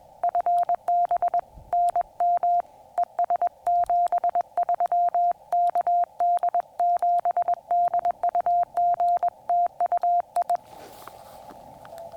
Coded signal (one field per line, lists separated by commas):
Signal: Morse code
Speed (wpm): 20 wpm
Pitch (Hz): 700 Hz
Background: none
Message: FB NM ES 73 KD7DUG TU I